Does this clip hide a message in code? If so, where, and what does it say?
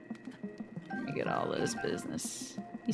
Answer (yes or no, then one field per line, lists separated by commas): no